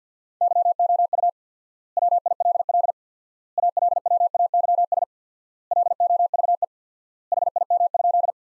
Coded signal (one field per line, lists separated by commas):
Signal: Morse code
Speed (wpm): 48 wpm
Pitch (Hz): 700 Hz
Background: none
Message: YOU WILL ALWAYS LOVE HIM?